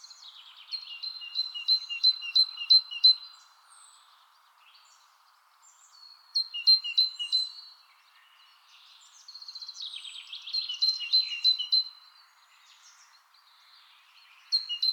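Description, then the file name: Great tit calling in several bouts of rapid two-part ringing notes separated by quiet pauses, one bout more jumbled than the others. "Parus major"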